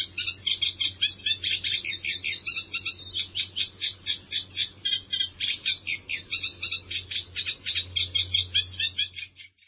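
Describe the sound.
Bird calls: a quick run of high, bright chirps packed closely together, fading away at the very end, with a low steady hum beneath.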